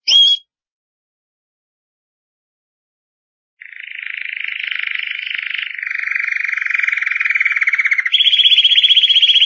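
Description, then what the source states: Canary song: a short high chirp, a few seconds of silence, then a loud rolling trill that switches between several buzzy and whistled tours at different pitches. Champion singing canary.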